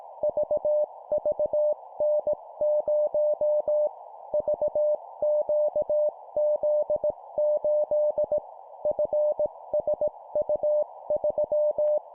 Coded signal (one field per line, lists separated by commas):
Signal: Morse code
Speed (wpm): 18 wpm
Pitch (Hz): 600 Hz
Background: none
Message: VVN0 VQZ8 FSU3